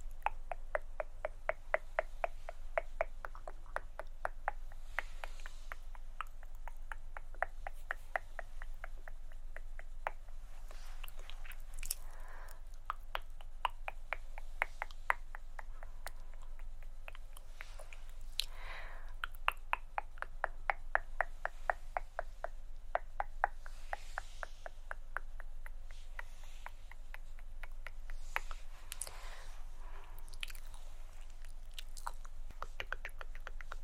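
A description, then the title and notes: Rapid tongue clicks and tk-tk mouth sounds patter densely throughout, with brief whooshing shoop sounds around 12, 19 and 29 seconds over a low steady hum. ASMR Hand Movements With Assorted Mouth Sounds (Tongue Clicking, Shoop, TkTk).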